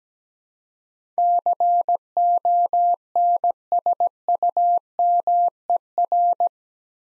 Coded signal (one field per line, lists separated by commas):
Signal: Morse code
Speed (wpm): 17 wpm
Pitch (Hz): 700 Hz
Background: none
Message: CONSUMER